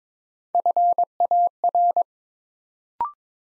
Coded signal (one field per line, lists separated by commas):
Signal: Morse code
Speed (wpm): 22 wpm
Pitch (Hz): 700 Hz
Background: none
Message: FAR